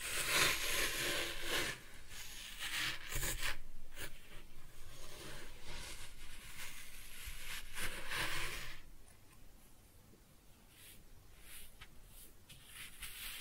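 Kinetic sand being cut and scooped, heard as soft, grainy scraping and rubbing strokes that come in irregular bursts. The first nine seconds are busier, with dense hissy swipes and a few sharp crackles near the start. After that the strokes turn quieter and sparser.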